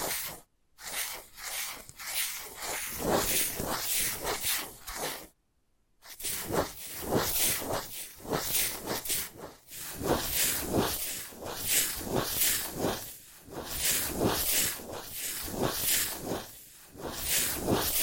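Scratching and tracing sounds, a steady run of bright, hissy strokes that pulse every half second or so, with occasional soft taps. The rubbing stops briefly near the start and again around five seconds, then carries on without a break to the end.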